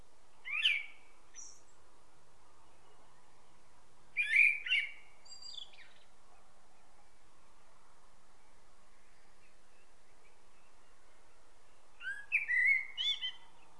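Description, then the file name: Common blackbird song: short phrases of clear notes ending in squeaky high twitters, repeated roughly every four to eight seconds over a low steady hum. "Turdus merula"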